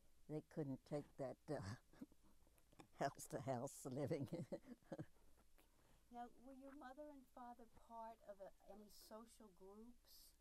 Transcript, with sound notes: They couldn't take that house to house living! [Laughs]
Now, were your mother and father part of any social groups?